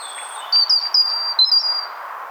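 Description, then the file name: European robin song: a short run of high, sweet, trilled notes with slight rises and falls, delivered in quick bursts. "Erithacus rubecula"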